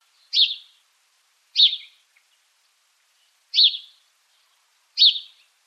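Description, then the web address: House sparrow chirping: four loud, clipped cheep notes spaced one to two seconds apart against a quiet background. "домовый-воробей"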